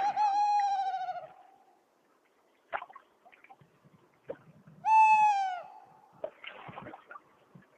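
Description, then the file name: Tawny owl calling with two long, steady, slightly falling harmonic notes about five seconds apart; soft clicks and rustling fill the gaps. "chouette hulotte"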